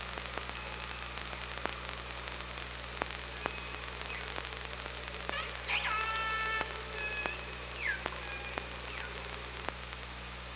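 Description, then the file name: Killer whale calls: a long harmonic call with stacked bands followed by shorter calls, amid scattered clicks and continuous underwater hiss. OrcaLab underwater hydrophone at Parson Island, 24 August 2017, 17:10. "Orca Lab 20170824 171047 PI"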